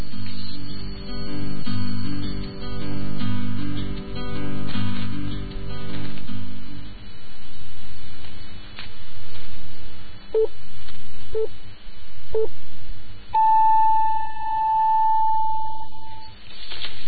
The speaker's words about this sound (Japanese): まもなく3時になります。時報に続いてニュースをお伝えします。